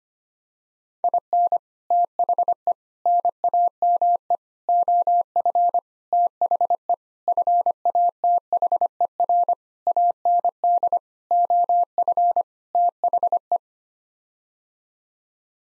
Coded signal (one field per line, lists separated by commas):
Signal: Morse code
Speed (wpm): 25 wpm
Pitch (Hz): 700 Hz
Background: none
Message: IN THE NAME OF THE FATHER AND OF THE